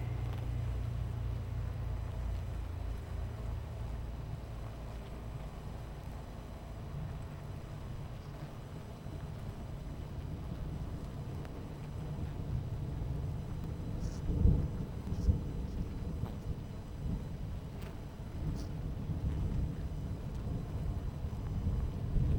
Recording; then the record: honeybee colony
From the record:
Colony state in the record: missing queen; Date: 14 July 2017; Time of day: 11:33